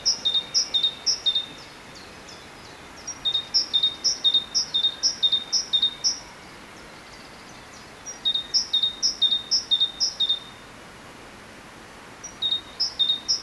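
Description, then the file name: Great tit song: four bursts of rhythmic two-note phrases, each bright upper note falling to a lower whistle, with short pauses between bouts over steady background hiss. "Parus major"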